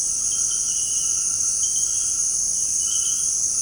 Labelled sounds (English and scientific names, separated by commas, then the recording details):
none
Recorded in secondary vegetation near Puerto Asís, Putumayo, Colombia, on 13 March 2025 at 18:00
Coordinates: 0.502, -76.326
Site G100